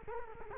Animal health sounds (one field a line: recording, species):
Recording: mosquito wingbeat signal from an infrared sensor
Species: Culex quinquefasciatus